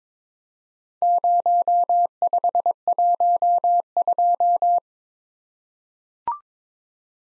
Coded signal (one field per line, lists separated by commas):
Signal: Morse code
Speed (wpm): 22 wpm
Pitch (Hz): 700 Hz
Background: none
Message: 0512